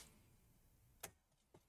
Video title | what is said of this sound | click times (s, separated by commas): Macbook Pro 15 A1707 LCD Screen Replacement | So you can hear the two click is popped, and now you want to holding onto the back plate | 1.0 s